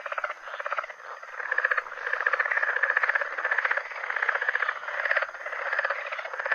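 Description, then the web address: Southern leopard frog calling in a continuous clucking rattle of fast pulses, swelling and fading in waves. North America. "Songs of Frogs Toads of North America. Southern Leopard Frog"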